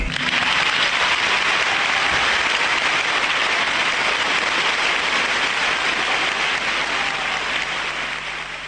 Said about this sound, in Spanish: Fue tan hermoso lo que dijiste que vamos a inaugurar una nueva sección del programa, que es aplaudir al entrevistado.